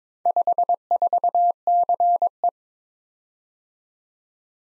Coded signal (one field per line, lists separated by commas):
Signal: Morse code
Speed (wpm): 22 wpm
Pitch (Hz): 700 Hz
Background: none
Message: 54CE